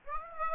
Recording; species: mosquito wingbeat signal from an infrared sensor; Aedes aegypti